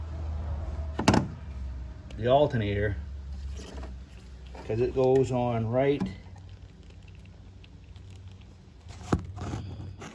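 On a 2015 Ford Edge EcoBoost, being worked on for code 1450, the purge valve vacuum line quick connector is pushed onto its port down next to the alternator so its small tabs lock. Someone talks, and a sharp snap at 9.1 s marks the connector seating and locking on.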